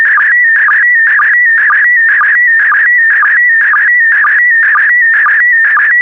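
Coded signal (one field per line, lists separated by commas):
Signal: SSTV (slow-scan television)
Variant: PD120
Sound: warbling whistle-like tone with a short low blip about twice a second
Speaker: get ready starting transmission in 5 4 3 2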